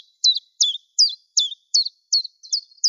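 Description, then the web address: Common chiffchaff giving eight sharp, high descending notes in a steady series, one roughly every third of a second, with no other sounds. "Phylloscopus collybita"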